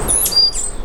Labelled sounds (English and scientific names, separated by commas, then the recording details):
Stitchbird (Notiomystis cincta) song
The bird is a male
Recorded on Tiritiri Matangi Island, New Zealand, in 2005
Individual 9, of nest box 11